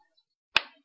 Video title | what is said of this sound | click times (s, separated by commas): Waterman Hemisphere review | The cap is a click-on cap, so it clicks in place and then it fits snugly. | 0.6 s